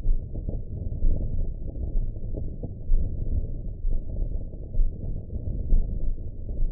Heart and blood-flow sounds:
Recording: heart sounds by optical stethoscope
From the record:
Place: aortic valve (AV)

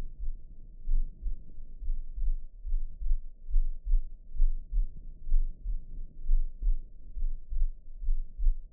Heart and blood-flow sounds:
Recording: heart sounds by optical stethoscope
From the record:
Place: tricuspid valve (TV)

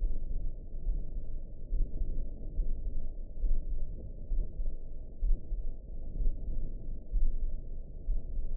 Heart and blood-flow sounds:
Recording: heart sounds by optical stethoscope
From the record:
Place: mitral valve (MV)

